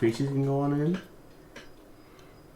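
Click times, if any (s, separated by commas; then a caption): 1.6 s. Someone talks during the first second, and then a plastic cover piece is pushed on in the middle into the gauge cluster housing of a Skoda Octavia Mk2 (facelift) during a speedometer LED replacement. It gives a short, sharp snap at 1.6 s as it clicks into place and seats.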